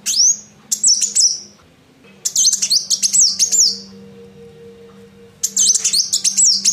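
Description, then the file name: Van Hasselt's sunbird calls: high, thin twittering bursts with quick rising and falling notes, several phrases separated by short pauses, over a low steady hum. Female. "kolibri wulung betina omkicau"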